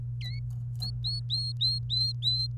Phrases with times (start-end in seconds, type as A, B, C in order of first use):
0.21-0.39 A, 0.82-2.47 B